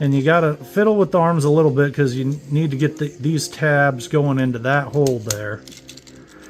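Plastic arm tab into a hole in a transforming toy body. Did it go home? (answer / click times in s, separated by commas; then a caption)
no / none. Someone talks while fiddling with a transforming plastic toy, pushing its plastic arm tabs into their holes in the toy body, with two faint short taps near 6.0 and 6.1 s after the talking stops. Nothing has seated or clicked yet: one arm tab fails to click in properly because it was angled a little wrong.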